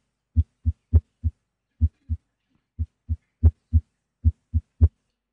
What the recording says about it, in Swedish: Hjärtflimmer. Oregelbunden puls, ofta snabb, kan variera mellan 80 och 150 slag i minuten.